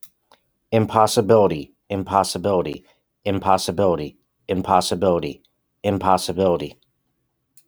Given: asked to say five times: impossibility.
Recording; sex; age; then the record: repeated word; male; 30 to 39 years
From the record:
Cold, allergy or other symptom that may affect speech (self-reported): no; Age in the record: 34 years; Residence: New Jersey, United States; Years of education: 12